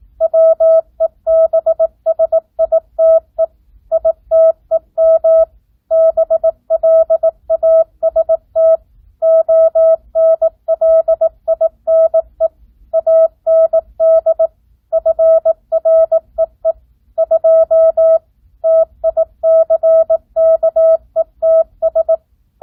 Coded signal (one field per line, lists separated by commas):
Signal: Morse code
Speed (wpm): 18 wpm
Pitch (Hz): 650 Hz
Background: none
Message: WEBSITE ITEM BLAST ONLINE AND FREE 2 TICKETS